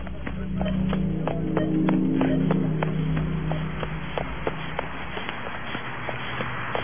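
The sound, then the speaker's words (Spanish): Quick, steady footsteps of a woman running thud in an even rhythm for several seconds over a low, constant hum, with no voices. “Mejor me voy corriendo a la casa.”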